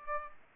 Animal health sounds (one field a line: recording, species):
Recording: mosquito wingbeat signal from an infrared sensor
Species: Aedes aegypti